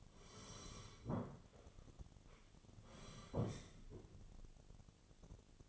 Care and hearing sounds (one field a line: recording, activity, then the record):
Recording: daily activity, microphone in the room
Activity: sit down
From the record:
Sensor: 4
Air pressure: 1016.1 hPa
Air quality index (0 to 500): 184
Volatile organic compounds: 8 ppm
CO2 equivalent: 2092 ppm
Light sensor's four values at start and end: 9/20/8/7 and 9/20/8/7